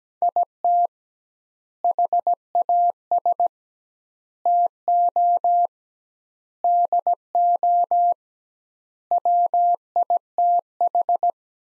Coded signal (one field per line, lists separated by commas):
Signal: Morse code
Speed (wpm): 17 wpm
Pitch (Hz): 700 Hz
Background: none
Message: IT HAS TO DO WITH